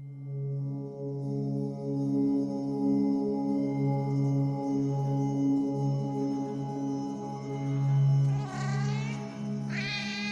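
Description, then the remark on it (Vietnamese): A cat yowls plaintively at night in long, drawn-out wails that rise and fall in pitch, loud and continuous, ending with a couple of sharper, higher cries. “Tiếng con mèo kêu thảm thiết trong đêm làm bà Linh thức giấc.”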